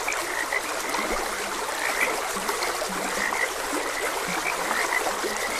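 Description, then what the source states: Frogs calling with low, drawn-out croaks and scattered higher chirps, a stream burbling steadily underneath. Frogs croaking beside a gentle stream.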